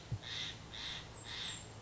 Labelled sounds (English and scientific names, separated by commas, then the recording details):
Steller's Jay (Cyanocitta stelleri)
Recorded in Sonoma County, California